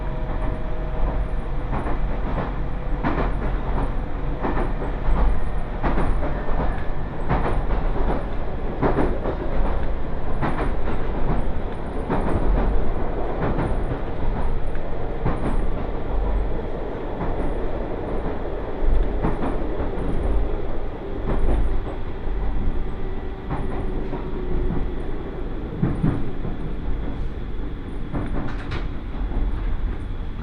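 An Iida Line train rolls steadily toward Shinshu with a constant low rumble, frequent rail clicks and clatters, and a thin high whine throughout.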